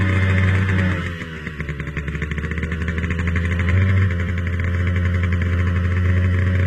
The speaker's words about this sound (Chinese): 田海驾着摩托车又驶离公路，钻进密集的村舍，紧接着又窜进城郊的工房群落，然后七弯八拐的抄小路，终于甩掉了尾随的警车，向西去的方向疾驶而去。